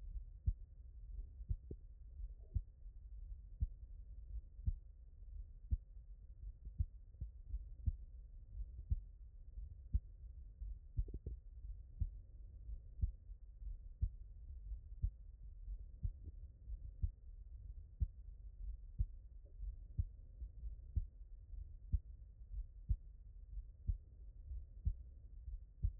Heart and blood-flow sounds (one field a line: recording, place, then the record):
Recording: heart sounds by stethoscope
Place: tricuspid valve (TV)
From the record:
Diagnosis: non-HFrEF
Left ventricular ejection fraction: 60%